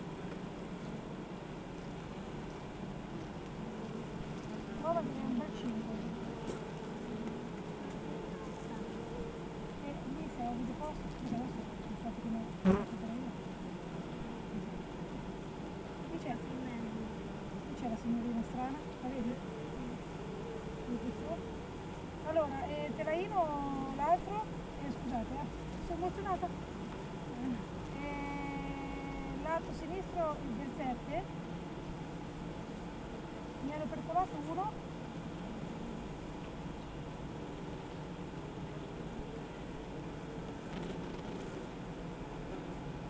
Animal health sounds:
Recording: honeybee colony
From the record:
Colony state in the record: active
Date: 28 July 2017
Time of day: 8:10

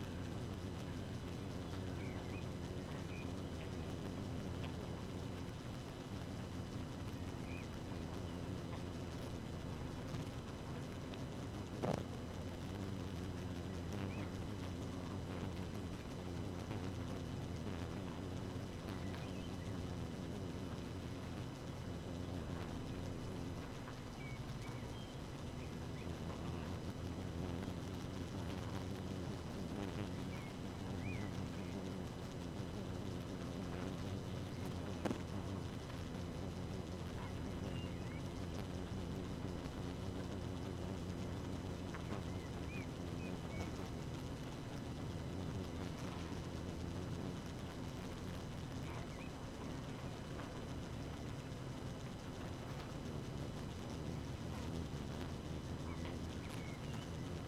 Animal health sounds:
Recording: honeybee colony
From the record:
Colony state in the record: active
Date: 12 June 2018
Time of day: 2:53

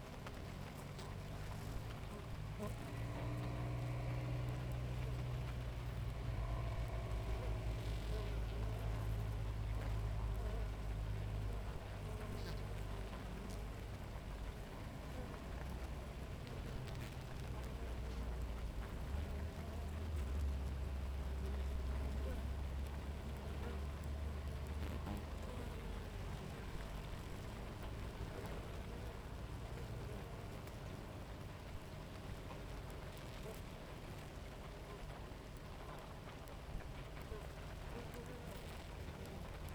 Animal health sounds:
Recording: honeybee colony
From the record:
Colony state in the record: active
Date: 28 July 2017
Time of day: 7:02

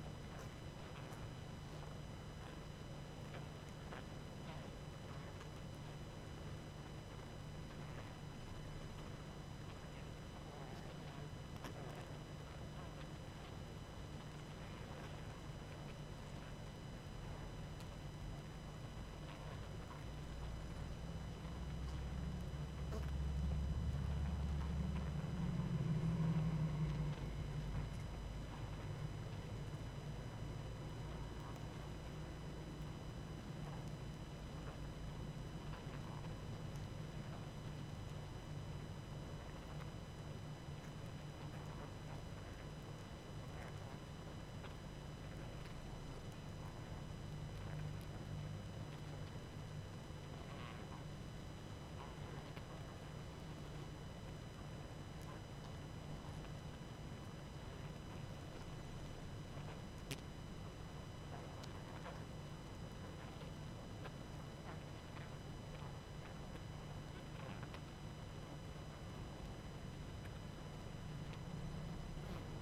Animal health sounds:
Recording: honeybee colony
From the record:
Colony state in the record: active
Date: 12 June 2018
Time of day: 21:22

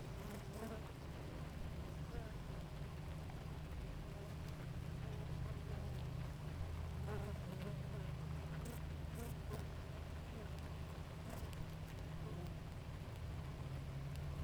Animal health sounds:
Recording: honeybee colony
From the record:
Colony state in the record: active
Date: 28 July 2017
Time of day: 5:13

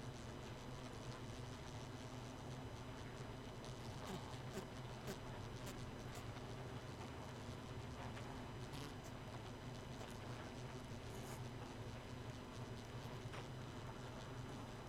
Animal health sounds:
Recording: honeybee colony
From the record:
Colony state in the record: missing queen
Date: 31 May 2018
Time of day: 0:39

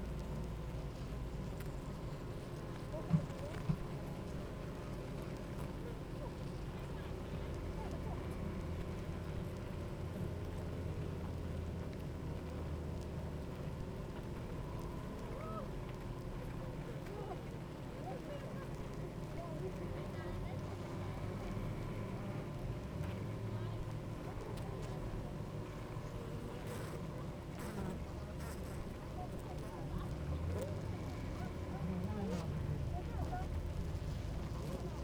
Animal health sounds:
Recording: honeybee colony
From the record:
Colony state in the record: active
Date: 28 July 2017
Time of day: 9:11

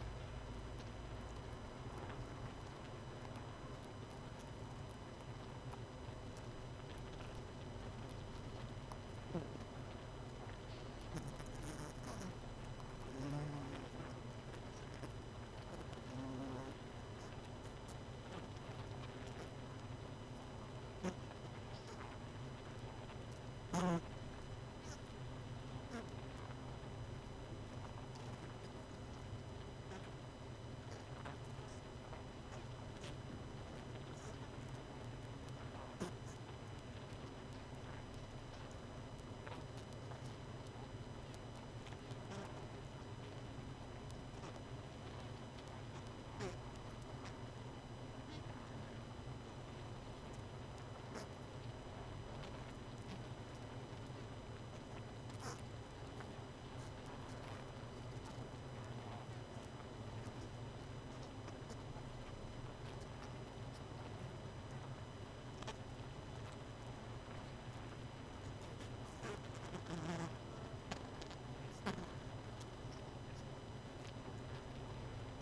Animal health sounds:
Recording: honeybee colony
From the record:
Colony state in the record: missing queen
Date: 31 May 2018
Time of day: 22:10

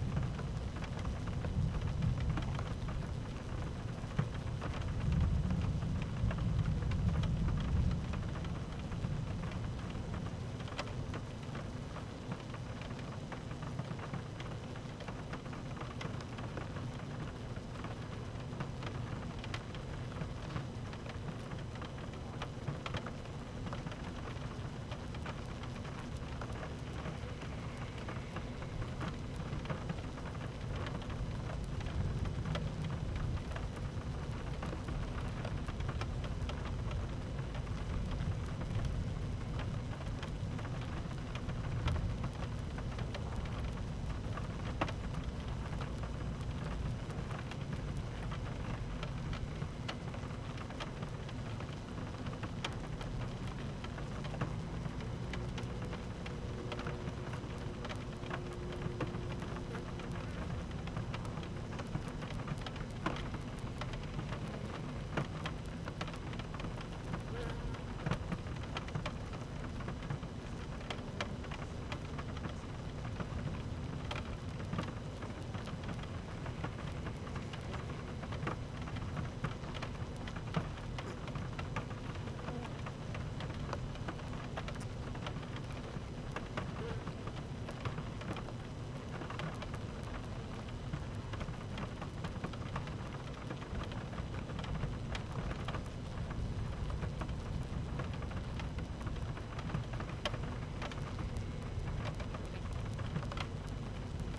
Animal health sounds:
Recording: honeybee colony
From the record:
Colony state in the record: active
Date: 12 June 2018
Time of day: 13:07

